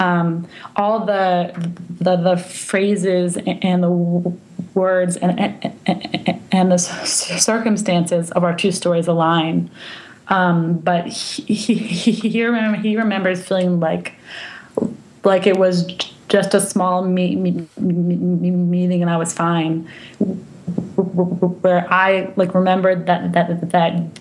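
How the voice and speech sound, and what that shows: An adult woman who has stuttered since childhood, and had speech therapy in elementary school, speaks with frequent sound and syllable repetitions ("th-th-the", "i-i-i-remembers", "mi-meeting"), stretched sounds and tense pauses, and a broken-off repeated "the the the" at the end. This is developmental stuttering in conversational speech.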